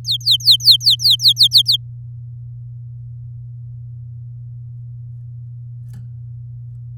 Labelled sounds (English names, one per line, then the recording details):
Domestic Canary song
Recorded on 7 May 2018 at 13:42
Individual llb16